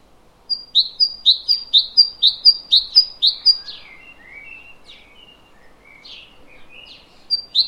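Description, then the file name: Great tit song: a bright two-note phrase repeated rapidly many times, then softer scattered chirps and short whistles. "Parus major"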